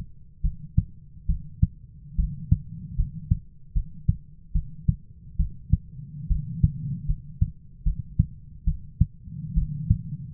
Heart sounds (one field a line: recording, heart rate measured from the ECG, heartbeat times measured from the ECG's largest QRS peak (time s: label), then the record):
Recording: heart sounds by stethoscope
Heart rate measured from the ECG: 73 bpm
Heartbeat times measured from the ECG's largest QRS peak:
0.42 s: heartbeat
1.27 s: heartbeat
2.17 s: heartbeat
2.96 s: heartbeat
3.74 s: heartbeat
4.53 s: heartbeat
5.37 s: heartbeat
6.28 s: heartbeat
7.07 s: heartbeat
7.84 s: heartbeat
8.65 s: heartbeat
9.55 s: heartbeat
10.32 s: heartbeat
From the record:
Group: healthy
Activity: rest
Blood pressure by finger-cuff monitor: 136/80 mmHg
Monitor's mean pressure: 98 mmHg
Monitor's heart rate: 74 bpm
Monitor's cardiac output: 6.9 L/min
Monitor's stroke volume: 94 mL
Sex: female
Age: 22 years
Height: 161 cm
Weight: 65.5 kg